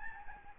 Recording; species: mosquito wingbeat signal from an infrared sensor; Aedes albopictus